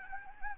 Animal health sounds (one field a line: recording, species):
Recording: mosquito wingbeat signal from an infrared sensor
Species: Anopheles gambiae